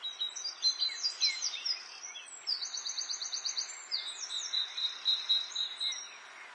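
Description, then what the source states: Birdsong of high, rapid twittering trills and short chirped phrases, repeated in bursts over a steady background hiss. Birdsong in an English garden in the late afternoon, urban atmosphere.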